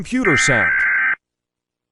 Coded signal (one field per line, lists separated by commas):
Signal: Emergency Alert System (SAME) tones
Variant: header bursts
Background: speech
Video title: Rating EAS Alarms…(WAIT TILL THE END)